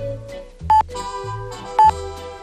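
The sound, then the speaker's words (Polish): Two short, high electronic pips of the Polish radio full-hour time signal, generated by an atomic clock, sound exactly a second apart, each a clean steady beep rising above a soft musical background. “Wszyscy kojarzymy, znamy sygnał czasu nadawany o pełnej godzinie, takie charakterystyczne piknięcia.”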